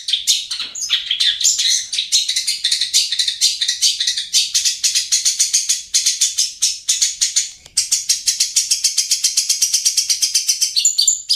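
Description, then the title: Oriental magpie-robin delivering a long, buzzy, rattling stream of rapid high notes, almost continuous, with one brief break before resuming. "Kicau Kacer"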